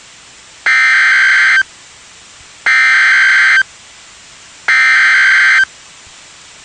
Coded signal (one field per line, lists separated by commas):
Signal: Emergency Alert System (SAME) tones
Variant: header bursts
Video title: Special Marine Warning (EAS #379)